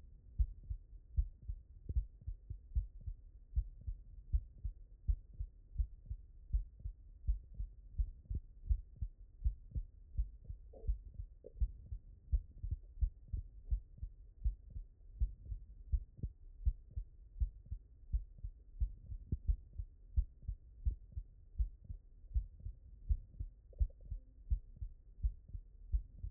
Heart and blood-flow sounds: heart sounds by stethoscope; mitral valve (MV)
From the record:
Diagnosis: non-HFrEF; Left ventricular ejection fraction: 69%

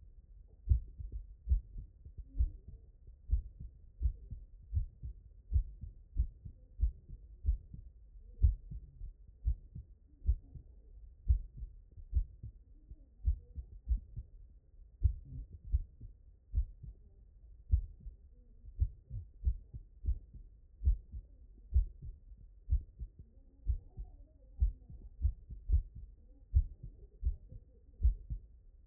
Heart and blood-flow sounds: heart sounds by stethoscope; mitral valve (MV)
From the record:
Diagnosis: non-HFrEF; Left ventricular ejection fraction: 58%

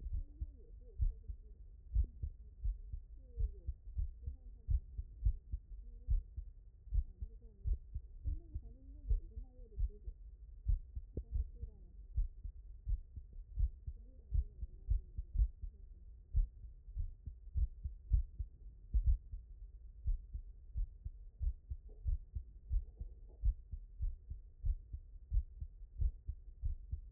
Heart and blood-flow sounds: heart sounds by stethoscope; mitral valve (MV)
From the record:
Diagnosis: non-HFrEF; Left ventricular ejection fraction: 74%

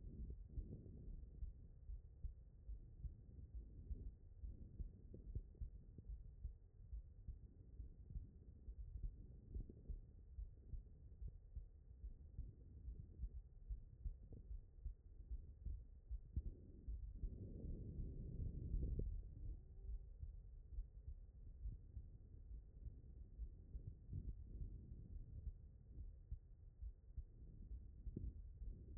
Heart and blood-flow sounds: heart sounds by stethoscope; aortic valve (AV)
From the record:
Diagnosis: non-HFrEF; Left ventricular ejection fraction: 74%

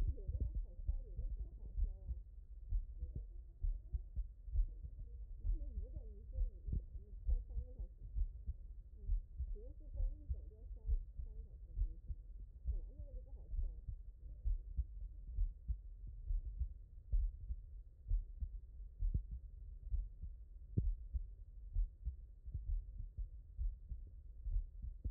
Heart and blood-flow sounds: heart sounds by stethoscope; mitral valve (MV)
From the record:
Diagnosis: non-HFrEF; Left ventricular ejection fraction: 64%

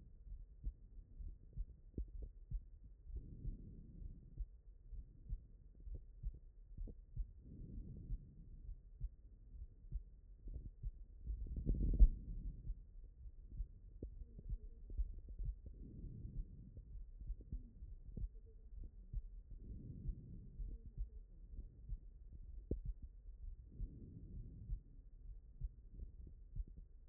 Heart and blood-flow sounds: heart sounds by stethoscope; aortic valve (AV)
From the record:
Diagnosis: non-HFrEF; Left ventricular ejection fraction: 69%

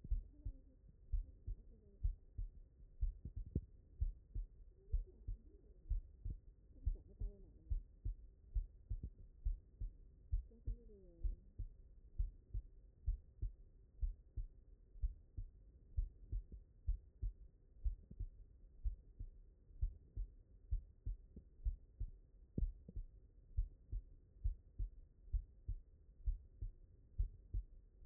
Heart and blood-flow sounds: heart sounds by stethoscope; mitral valve (MV)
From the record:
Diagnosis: non-HFrEF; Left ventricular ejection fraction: 64%

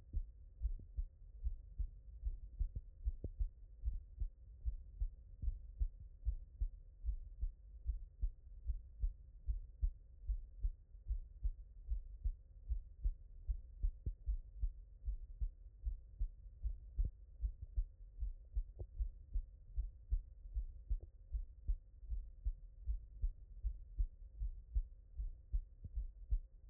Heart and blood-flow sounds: heart sounds by stethoscope; mitral valve (MV)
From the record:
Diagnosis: HFrEF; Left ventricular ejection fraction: 35%

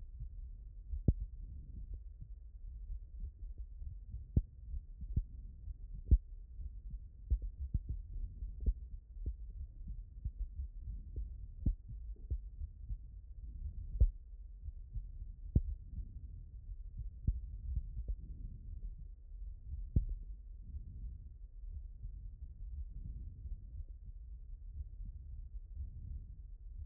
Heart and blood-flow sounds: heart sounds by stethoscope; aortic valve (AV)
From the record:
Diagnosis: non-HFrEF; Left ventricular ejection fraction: 57%

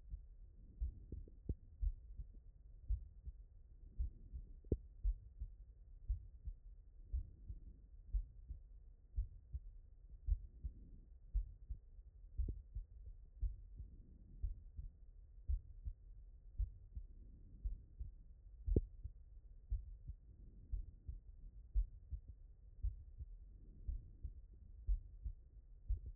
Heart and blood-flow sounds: heart sounds by stethoscope; tricuspid valve (TV)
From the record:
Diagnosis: non-HFrEF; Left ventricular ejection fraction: 65%

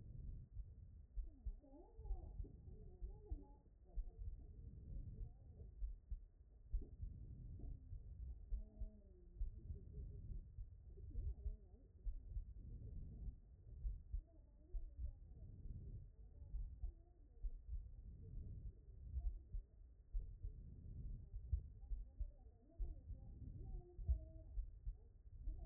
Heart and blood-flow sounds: heart sounds by stethoscope; pulmonary valve (PV)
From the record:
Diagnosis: non-HFrEF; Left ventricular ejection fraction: 42%

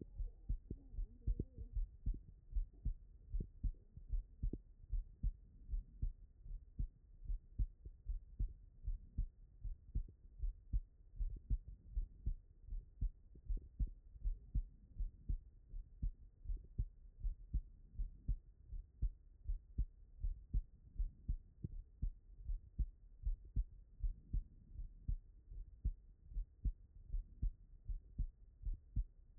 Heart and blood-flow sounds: heart sounds by stethoscope; tricuspid valve (TV)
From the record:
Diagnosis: non-HFrEF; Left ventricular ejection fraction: 70%

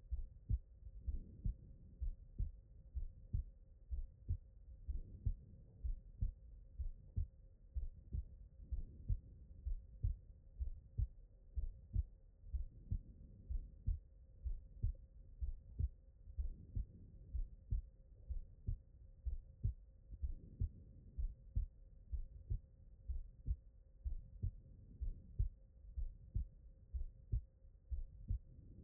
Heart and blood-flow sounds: heart sounds by stethoscope; pulmonary valve (PV)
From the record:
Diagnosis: non-HFrEF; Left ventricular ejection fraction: 61%

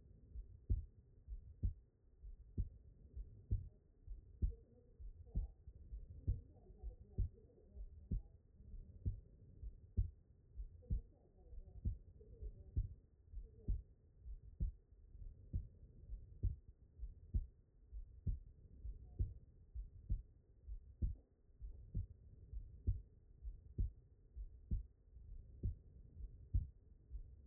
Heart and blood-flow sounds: heart sounds by stethoscope; pulmonary valve (PV)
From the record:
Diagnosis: non-HFrEF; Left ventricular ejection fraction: 49%

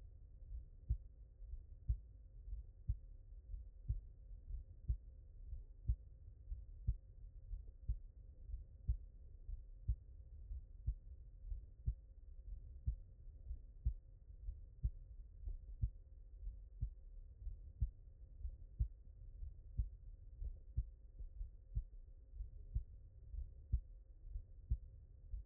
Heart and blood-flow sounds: heart sounds by stethoscope; mitral valve (MV)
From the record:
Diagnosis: non-HFrEF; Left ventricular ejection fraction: 60%

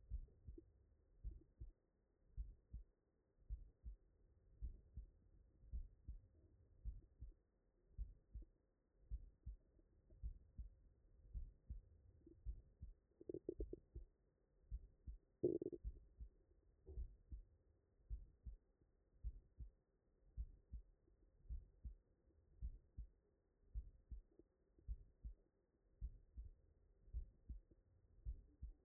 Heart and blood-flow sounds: heart sounds by stethoscope; tricuspid valve (TV)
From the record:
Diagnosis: non-HFrEF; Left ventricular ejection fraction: 66%

